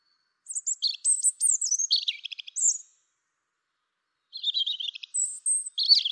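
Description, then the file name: European robin delivers two separate bursts of high, liquid warbling with rapid trilled notes, separated by a silent gap of over a second. "Erithacus rubecula"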